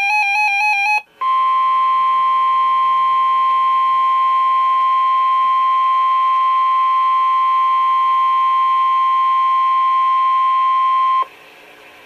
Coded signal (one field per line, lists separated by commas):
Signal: Emergency Alert System (SAME) tones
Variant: 1050 Hz attention tone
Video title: 2012 Virginia Tornado Drill [EAS 123] | NOAA Weather Radio (3/20/2012)